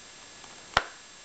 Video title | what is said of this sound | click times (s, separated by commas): Norfleet knives | you can hear it click into place and it's it doesn't lock in place but it holds very very well again | 0.8 s